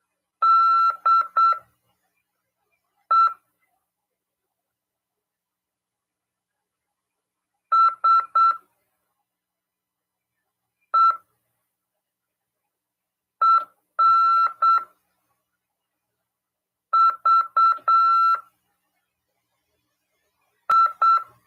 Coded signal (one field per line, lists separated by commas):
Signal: Morse code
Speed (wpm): 8 wpm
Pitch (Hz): 1340 Hz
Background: none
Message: DE SE EN VI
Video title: RADIOAMADOR 14/11/2022 "AULA 31: CW, LEGISLAÇÃO e C.RODADA" FM 146.410 Mhz. PY2EXU PAULO CRASP/RAF.